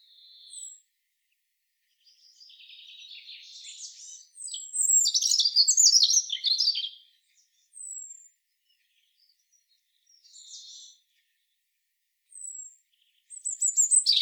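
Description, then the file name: European robin song with a soft warble building into a rich, rapid cascade of high trills, followed by several short thin notes and a final loud burst. "Erithacus rubecula"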